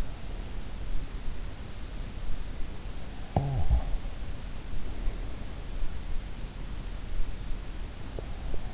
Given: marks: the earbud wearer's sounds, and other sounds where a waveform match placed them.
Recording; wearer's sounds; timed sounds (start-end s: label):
sounds in sleep by an in-ear microphone; snoring breath
3.10-3.81 s: snoring breath